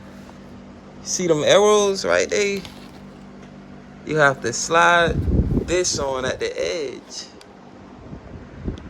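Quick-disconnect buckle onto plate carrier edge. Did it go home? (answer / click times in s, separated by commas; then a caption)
no / none. A quick-disconnect buckle is slid onto the edge of a plate carrier and lined up, while someone talks over a steady low hum. Two brief faint ticks are heard near 7.4 s and 8.8 s, but the buckle has not clicked into place yet.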